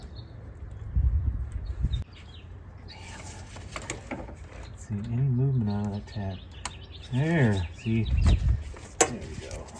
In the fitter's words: I guess again I just hear that click and then it's just ready to go